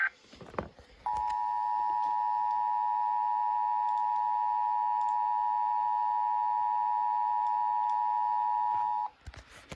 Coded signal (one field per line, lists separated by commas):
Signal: Emergency Alert System (SAME) tones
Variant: 853 and 960 Hz attention tone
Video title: EAS 824-826 | Fredericksburg RMT